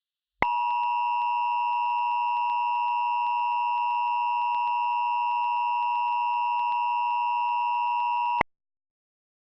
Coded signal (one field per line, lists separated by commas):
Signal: Emergency Alert System (SAME) tones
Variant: 853 and 960 Hz attention tone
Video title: EAS Scenario #1 - Black Hole